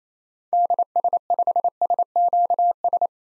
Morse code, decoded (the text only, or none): DS5SQS